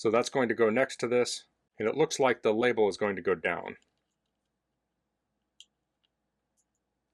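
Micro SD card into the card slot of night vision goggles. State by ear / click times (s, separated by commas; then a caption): seated / 5.6 s. A micro SD card is pushed label-down into the spring-loaded card slot of GOYOJO night vision goggles while someone talks for the first four seconds. After a quiet pause, a short, sharp click at 5.6 s marks the card seating in place, followed only by two very faint ticks.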